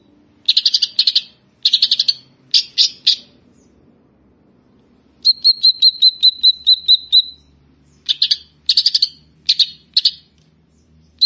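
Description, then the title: Grey-cheeked bulbul song of chattering trilled bursts, broken by a steady series of about a dozen sharp whistled notes, then more short buzzy phrases. "Kicau Burung Cucak Jenggot"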